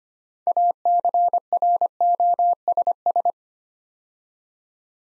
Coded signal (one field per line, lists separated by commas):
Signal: Morse code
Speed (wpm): 25 wpm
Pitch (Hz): 700 Hz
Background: none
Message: ACROSS